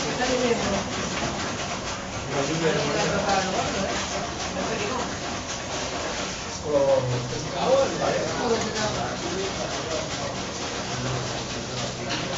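Exotic chatter in a bar in Barcelona: many voices overlap into a dense, steady murmur with no pauses. Louder bursts of talk rise around seven to eight seconds, and a low hum sits beneath the voices near the end.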